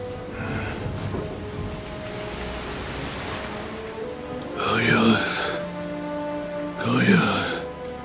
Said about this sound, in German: Ohne dass ein Tropfenfall vorhergegangen wäre, ist der Regen herniedergebrochen.